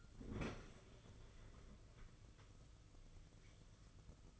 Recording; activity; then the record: daily activity, microphone in the room; open fridge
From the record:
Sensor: 4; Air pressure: 995.3 hPa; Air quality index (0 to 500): 210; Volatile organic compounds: 223 ppm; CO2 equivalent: 4286 ppm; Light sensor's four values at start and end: 35/109/41/46 and 34/106/40/45